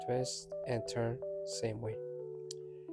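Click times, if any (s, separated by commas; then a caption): 2.5 s. An Oxilam LED fog light bulb is twisted into the plastic housing socket of a 2015–2019 Subaru Outback fog lamp while someone talks over steady background music. One sharp click is heard at 2.5 s, but the twist-lock bulb is not yet locked.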